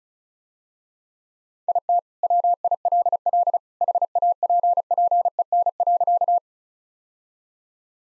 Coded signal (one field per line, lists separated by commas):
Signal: Morse code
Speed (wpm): 34 wpm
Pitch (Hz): 700 Hz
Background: none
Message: IT WILL HAPPEN.